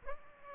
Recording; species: mosquito wingbeat signal from an infrared sensor; Aedes aegypti